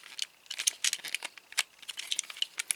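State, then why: Not seated. A plastic panel of a Transformers Studio Series Leader Class 86 Megatron action figure is pressed toward the grooves of its feet during transformation, producing a run of light, scattered plastic rattles and small taps throughout the 2.8 seconds. The part never snaps into place, and nothing clicks; it is only pushed down so it covers the gap.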